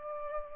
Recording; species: mosquito wingbeat signal from an infrared sensor; Aedes albopictus